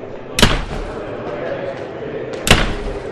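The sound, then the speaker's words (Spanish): Two loud, sharp dormitory door slams about two seconds apart as a crowd enters and shuts the doors, each a sudden heavy bang that dies away quickly over a steady low murmur of background noise. “La aglomeración entra presuroso, cerrando las puertas de los dormitorios con un fuerte portazo.”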